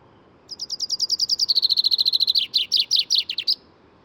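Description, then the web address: Common chaffinch song lasting three seconds, with repeated high notes sliding down, a brisk middle trill and a final burst of fuller notes with a flourish. "SETE Fringilla coelebs"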